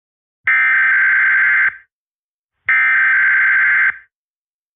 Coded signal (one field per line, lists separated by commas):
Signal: Emergency Alert System (SAME) tones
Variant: header bursts